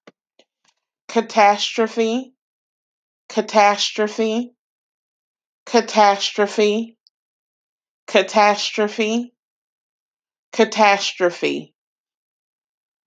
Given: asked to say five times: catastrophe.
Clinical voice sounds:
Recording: repeated word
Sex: female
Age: 30 to 39 years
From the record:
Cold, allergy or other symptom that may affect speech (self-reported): no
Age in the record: 36 years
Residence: Maryland, United States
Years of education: 19

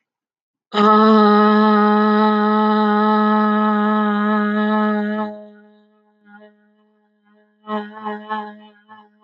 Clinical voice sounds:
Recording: vowel held as long as possible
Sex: female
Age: 50 to 59 years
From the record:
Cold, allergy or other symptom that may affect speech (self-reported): no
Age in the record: 52 years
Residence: Illinois, United States

